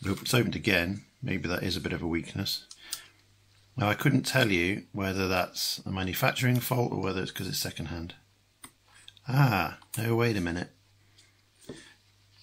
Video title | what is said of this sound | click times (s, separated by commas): Amköv AMK-R2 Digital Camera Unboxing and Review | wait a minute it doesn't snap shut | none